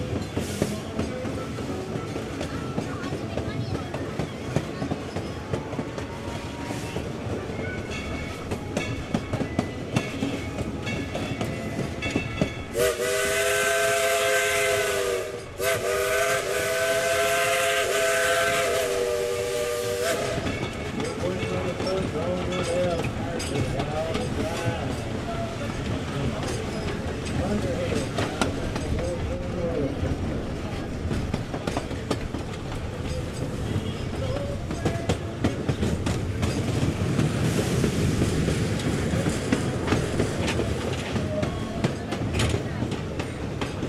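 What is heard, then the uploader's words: A 1930s steam locomotive rumbles along with a dense, steady roar and a rhythmic clatter of wheels running throughout. From about 13 to 20 seconds a loud, sustained whistle sounds over it, briefly breaking off near 15 seconds before resuming. Climb aboard this charming 1930s steam locomotive that once traversed the mountains between Alaska and the Yukon. Listen to the chugging of the train engine and rhythmic clatter of wheels on steel rails.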